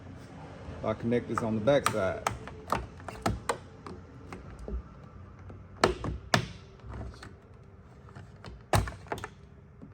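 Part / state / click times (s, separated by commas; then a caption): interior trim panel clips releasing from the rear cargo-area body / released / 5.8 s, 6.3 s. While someone talks, a plastic interior trim panel on a Mitsubishi Outlander is pried slowly out of the rear cargo-area body with a plastic trim tool. Two sharp, fast-decaying snaps are heard at 5.8 s and 6.3 s as the clip connectors on its back side release. The clips snap loose and the panel is freed.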